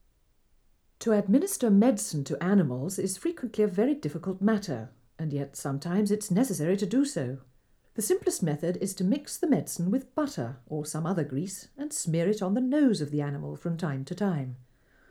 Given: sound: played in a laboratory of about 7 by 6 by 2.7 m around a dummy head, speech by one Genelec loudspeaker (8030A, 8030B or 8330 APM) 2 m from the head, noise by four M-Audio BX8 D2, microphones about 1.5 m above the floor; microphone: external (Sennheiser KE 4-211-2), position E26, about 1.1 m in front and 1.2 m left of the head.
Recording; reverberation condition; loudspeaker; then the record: female speech in English; low; 60 degrees to the left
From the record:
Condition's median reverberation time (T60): about 310 ms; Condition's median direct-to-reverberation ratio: about 3.5 dB